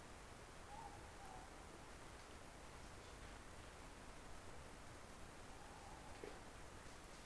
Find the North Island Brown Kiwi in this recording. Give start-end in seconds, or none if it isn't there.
none